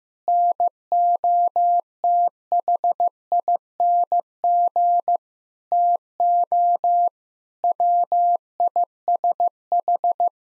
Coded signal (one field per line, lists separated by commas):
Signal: Morse code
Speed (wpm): 15 wpm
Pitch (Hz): 700 Hz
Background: none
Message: NOTHING TO WISH